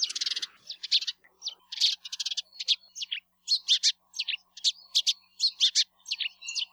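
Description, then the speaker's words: House sparrow song: a busy run of bright, harsh chirps and cheeps in bursts. "If you're having lunch in a city or park and a small brown bird comes begging for food, there's a good chance it's a house sparrow, especially if it has a song that sounds like this."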